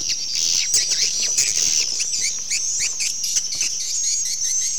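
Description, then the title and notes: Swiftlets twittering in a dense chorus of high, piercing chirps that overlap without pause, with occasional lower squeaky notes. Associated with swiftlet farming in Asia. "Swiflet Bird Sound. Farming Swiflet Bird asia sound"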